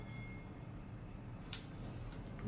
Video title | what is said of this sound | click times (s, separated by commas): DJI NEO DRONE COMPLETE DETAILS | साथ में lock हो जाएगा | 1.5 s